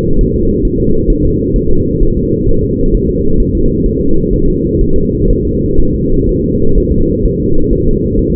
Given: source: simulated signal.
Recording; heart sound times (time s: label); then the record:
fetal heart sounds
0.21 s: S1
0.36 s: S2
0.65 s: S1
0.80 s: S2
1.10 s: S1
1.25 s: S2
1.56 s: S1
1.71 s: S2
2.03 s: S1
2.17 s: S2
2.49 s: S1
2.63 s: S2
2.95 s: S1
3.09 s: S2
3.40 s: S1
3.55 s: S2
3.86 s: S1
4.01 s: S2
4.33 s: S1
4.48 s: S2
4.81 s: S1
4.96 s: S2
5.30 s: S1
5.45 s: S2
5.80 s: S1
5.94 s: S2
6.29 s: S1
6.44 s: S2
6.78 s: S1
6.92 s: S2
7.25 s: S1
7.40 s: S2
7.73 s: S1
7.87 s: S2
8.19 s: S1
8.34 s: S2
From the record:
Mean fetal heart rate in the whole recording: 130 bpm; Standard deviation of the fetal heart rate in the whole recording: 4 bpm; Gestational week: 38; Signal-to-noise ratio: -17.7 dB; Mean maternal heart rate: 72 bpm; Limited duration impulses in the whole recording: present